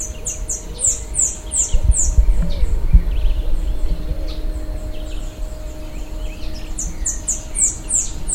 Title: LuckyPassaro Completos2Sama. Saffron-billed Sparrow (Arremon flavirostris)